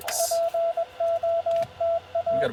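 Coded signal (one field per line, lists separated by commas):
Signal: Morse code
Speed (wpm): 21 wpm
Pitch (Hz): 670 Hz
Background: speech, radio noise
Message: POTA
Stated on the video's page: CW Parks On The Air activation in Utah.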